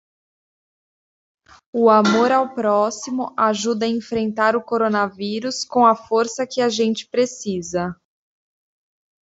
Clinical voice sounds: spoken sentence; Brazilian Portuguese; female; 30 to 39 years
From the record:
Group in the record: control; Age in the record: 31 years

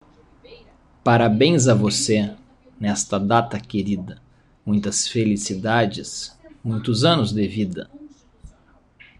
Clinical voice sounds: short text; Brazilian Portuguese; male; 30 to 39 years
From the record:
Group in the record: control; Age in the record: 39 years

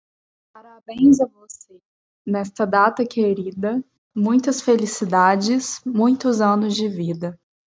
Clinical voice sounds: short text; Brazilian Portuguese; female; 20 to 29 years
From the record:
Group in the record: control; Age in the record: 29 years

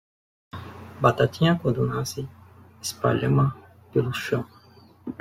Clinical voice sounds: short text; Brazilian Portuguese; male; 40 to 49 years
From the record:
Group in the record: control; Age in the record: 46 years

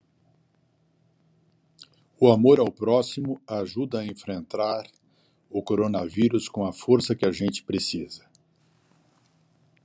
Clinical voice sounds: spoken sentence; Brazilian Portuguese; male; 60 to 69 years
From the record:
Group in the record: control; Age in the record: 62 years

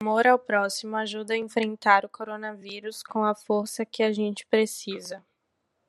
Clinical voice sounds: spoken sentence; Brazilian Portuguese; female; 18 to 19 years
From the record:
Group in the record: control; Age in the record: 19 years

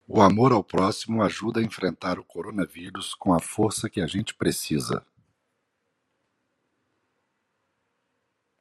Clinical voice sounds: spoken sentence; Brazilian Portuguese; male; 60 to 69 years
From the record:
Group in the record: control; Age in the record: 60 years

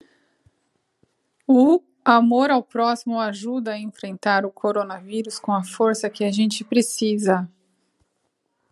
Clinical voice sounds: spoken sentence; Brazilian Portuguese; female; 40 to 49 years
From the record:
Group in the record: control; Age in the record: 42 years

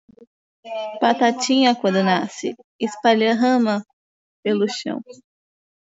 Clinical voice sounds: short text; Brazilian Portuguese; female; 20 to 29 years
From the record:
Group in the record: control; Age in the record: 21 years

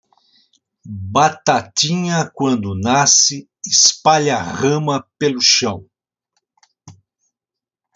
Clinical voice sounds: short text; Brazilian Portuguese; male; 70 to 79 years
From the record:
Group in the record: control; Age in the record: 77 years

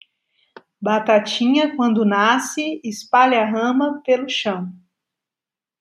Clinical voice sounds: short text; Brazilian Portuguese; female; 30 to 39 years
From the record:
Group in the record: control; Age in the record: 35 years

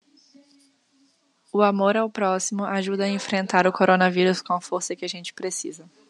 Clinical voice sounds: spoken sentence; Brazilian Portuguese; female; 20 to 29 years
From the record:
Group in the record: control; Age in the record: 21 years

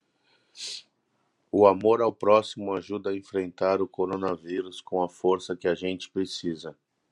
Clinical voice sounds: spoken sentence; Brazilian Portuguese; male; 40 to 49 years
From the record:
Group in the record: control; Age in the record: 43 years

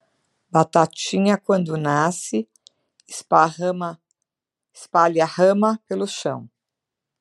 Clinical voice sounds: short text; Brazilian Portuguese; female; 50 to 59 years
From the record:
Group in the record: control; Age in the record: 58 years

